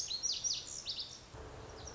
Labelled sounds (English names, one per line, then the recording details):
Lazuli Bunting
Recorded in Sonoma County, California